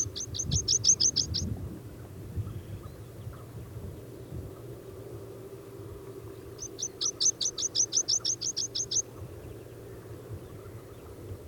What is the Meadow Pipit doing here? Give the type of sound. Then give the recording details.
song. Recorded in the wild. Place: Gingst, Insel Rügen, Mecklenburg-Vorpommern, DE. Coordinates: 54.534, 13.303. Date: 1977-04-09. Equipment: Nagra III BH, Sennheiser MD 21, parabola. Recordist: Schubert, Michael. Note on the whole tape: Gesang Wiesenpieper (sitzend)